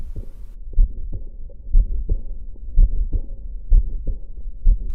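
Regular low heartbeats at about 64 a minute, heard through an electronic stethoscope on the chest of a woman in her early 30s, with a loud rushing murmur followed directly by a softer hissing one. This is aortic regurgitation from a congenital bicuspid aortic valve: the valve does not close properly, and the leak, the main defect, produces the softer hissing murmur.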